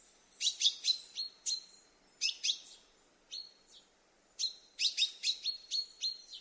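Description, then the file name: Common chaffinch calls: bursts of sharp, high chirps in quick groups, each note ending in a short level whistle, with pauses between bursts. "Fringilla coelebs"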